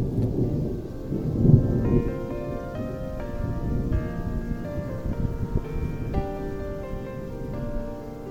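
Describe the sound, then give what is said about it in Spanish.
Deep, rolling thunder of a summer thunderstorm rumbles through a steady wash of rain, swelling into a heavier burst early on, while sustained melodic tones play softly over the storm. “El enojo con esas tormentas de verano que acaban siempre en un plácido día.”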